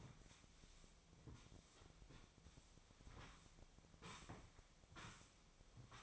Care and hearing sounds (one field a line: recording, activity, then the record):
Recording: daily activity, microphone in the room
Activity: sweep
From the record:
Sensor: 1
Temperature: 25.6 degrees Celsius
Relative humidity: 38.0%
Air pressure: 1007.0 hPa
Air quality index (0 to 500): 205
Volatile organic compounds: 23 ppm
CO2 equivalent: 2771 ppm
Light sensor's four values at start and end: 12/32/12/14 and 12/32/12/14